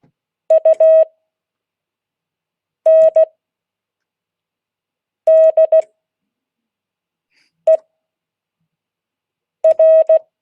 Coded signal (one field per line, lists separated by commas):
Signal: Morse code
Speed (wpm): 16 wpm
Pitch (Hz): 640 Hz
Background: none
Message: UNDER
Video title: Monday 2022-08-08 Morse code class